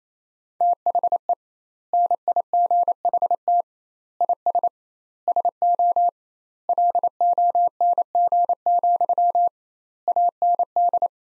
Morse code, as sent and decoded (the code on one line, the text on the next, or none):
- .... . / -. .. --. .... - / .. ... / ... --- / .-.. --- -. --. --..-- / .- -. -..
THE NIGHT IS SO LONG, AND